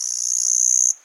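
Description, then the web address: Cicada buzz, a sustained shrill high-pitched drone lasting nearly a second before cutting off abruptly. Single cicada. "the sound pack tree. single cicada chirp"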